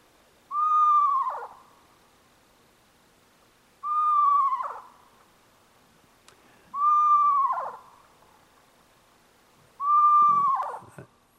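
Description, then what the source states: Eastern Screech-Owl whinny: four whistled calls, each holding a pitch and then sliding steeply down, repeated about every three seconds against near silence. Played-back recording; call described as a horse-like whinny; the species also screeches.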